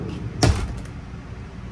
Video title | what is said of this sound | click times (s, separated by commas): Virtual Walkthrough of the 2026 Forest River Salem FSX 266BHLE Bunkhouse at Parkland RV Center | But it does have a magnet that'll cinch lock to the wall. | 0.4 s